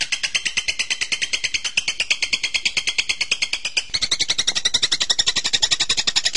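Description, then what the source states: Bird song of rapid, evenly pulsed high chattering notes, shifting to a brighter, denser trill midway. Birdsong used to train birds.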